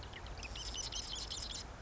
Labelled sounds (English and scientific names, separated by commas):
Marsh Wren (Cistothorus palustris)